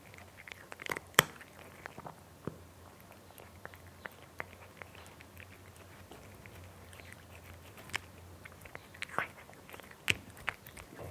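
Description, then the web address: Domestic cat chewing dry food, with sparse crisp crunches and clicks, a few louder bites near the start and end, over faint background hum. Cat eating crunchy food. "BBC Cats Eating. cat eating nice crunchy sound"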